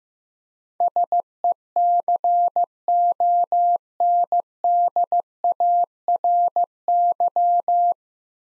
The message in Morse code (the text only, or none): SECONDARY